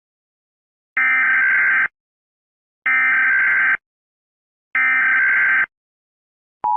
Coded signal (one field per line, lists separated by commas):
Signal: Emergency Alert System (SAME) tones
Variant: header bursts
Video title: NORTHERN AMERICAN EAS ALARMS (SPECIAL)